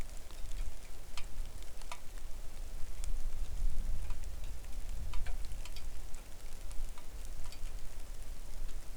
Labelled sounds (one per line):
rain